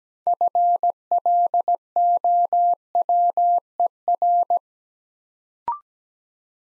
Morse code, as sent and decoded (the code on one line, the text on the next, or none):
..-. .-.. --- .-- . .-.
FLOWER